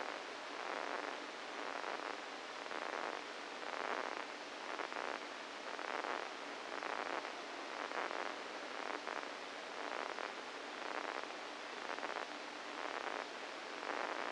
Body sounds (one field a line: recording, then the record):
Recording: brain microelectrode recording played as sound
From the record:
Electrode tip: inside the subthalamic nucleus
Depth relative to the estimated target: 0 mm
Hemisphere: right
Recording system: NeuroSet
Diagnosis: Parkinson's disease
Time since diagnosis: 7 years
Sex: female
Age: 68 years